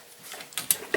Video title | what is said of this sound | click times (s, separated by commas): Installing PEX plumbing. Exterior hose spiggot. Pex Vs, Copper | it in you can hear a nice click here | 0.7 s